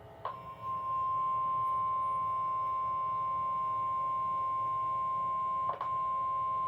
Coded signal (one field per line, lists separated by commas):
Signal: Emergency Alert System (SAME) tones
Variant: 1050 Hz attention tone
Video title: 6/3/26 Required Weekly Test (EAS #66)